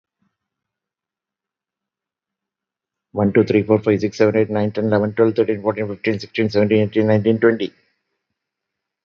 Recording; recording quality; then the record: counting at a fast pace; excellent, no background noise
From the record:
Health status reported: healthy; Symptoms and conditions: none ticked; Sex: male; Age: 59 years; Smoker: not ticked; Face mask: not worn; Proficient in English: yes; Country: India